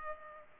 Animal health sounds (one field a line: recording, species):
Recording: mosquito wingbeat signal from an infrared sensor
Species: Culex pipiens